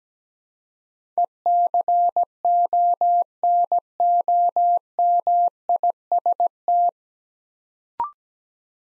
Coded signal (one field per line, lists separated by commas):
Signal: Morse code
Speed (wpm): 17 wpm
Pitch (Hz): 700 Hz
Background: none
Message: ECONOMIST